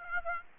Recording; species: mosquito wingbeat signal from an infrared sensor; Aedes aegypti